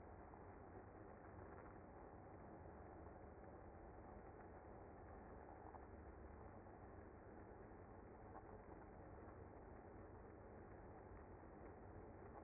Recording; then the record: honeybee colony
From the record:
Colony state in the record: active